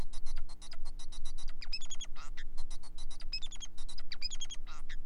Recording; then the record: song of a male Bengalese finch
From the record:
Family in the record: son of father 4